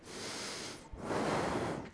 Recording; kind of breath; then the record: one breath in and out by a microphone near the nose and mouth; deep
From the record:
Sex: male